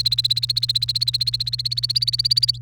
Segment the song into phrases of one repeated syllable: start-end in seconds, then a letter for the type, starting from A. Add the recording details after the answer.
0.00-2.58 A. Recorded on 29 April 2018 at 06:34. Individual llb3